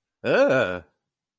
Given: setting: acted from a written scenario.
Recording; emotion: vocal sound without words; negative surprise